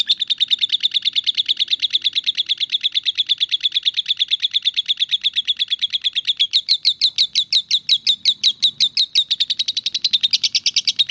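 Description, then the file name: Lovebird singing a sustained rapid chatter, high scratchy notes pulsing evenly, growing sharper and more ringing toward the end, with a faint low hum underneath. "audio lovebird star melinda omkicau"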